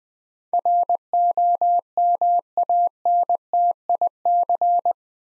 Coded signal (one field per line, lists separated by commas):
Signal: Morse code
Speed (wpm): 20 wpm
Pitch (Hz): 700 Hz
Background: none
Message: ROMANTIC